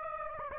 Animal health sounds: mosquito wingbeat signal from an infrared sensor; Aedes aegypti

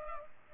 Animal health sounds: mosquito wingbeat signal from an infrared sensor; Culex pipiens

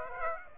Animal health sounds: mosquito wingbeat signal from an infrared sensor; Aedes aegypti

